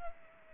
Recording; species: mosquito wingbeat signal from an infrared sensor; Culex pipiens